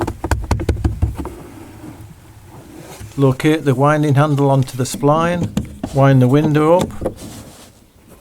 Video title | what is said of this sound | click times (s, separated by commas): SKODA FABIA Rear Door Inner Trim Panel (MK1 99-07) | and align the front tabs then you should be able to just push down until each clip is clicked into place | 0.3 s, 0.5 s, 0.7 s